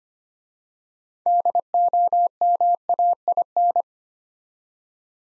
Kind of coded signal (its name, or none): Morse code